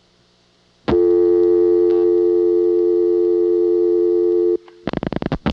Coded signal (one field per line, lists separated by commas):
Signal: telephone call progress tone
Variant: North America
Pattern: dial tone